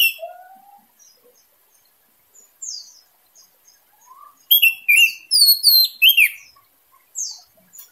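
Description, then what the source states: Orange-headed thrush giving a few soft thin slurred notes, then a loud cascade of high, sharply downslurred whistles and twitters. Singing style described as 'teler gacor dor', meaning intense, constant singing.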